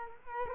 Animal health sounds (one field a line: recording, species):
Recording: mosquito wingbeat signal from an infrared sensor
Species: Culex quinquefasciatus